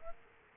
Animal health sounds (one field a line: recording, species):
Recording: mosquito wingbeat signal from an infrared sensor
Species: Aedes aegypti